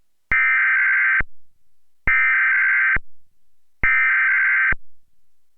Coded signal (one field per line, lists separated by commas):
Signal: Emergency Alert System (SAME) tones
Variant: header bursts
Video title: DirecTV EAS Test (July 28th, 2009)